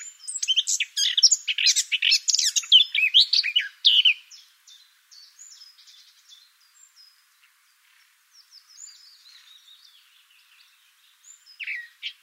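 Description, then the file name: Eurasian blackcap giving a loud, hurried warble for four seconds, then soft, thin high notes and a brief final phrase. "Sylvia atricapilla"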